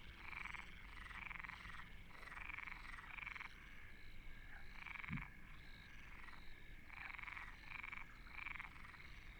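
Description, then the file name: Frogs calling in a chorus of raspy pulsed croaks grouped in bursts with short pauses, one soft thump midway, low hum underneath. Frogs recorded at Deltebre in the Ebro Delta. "Postpaisatge Granotes Deltebre"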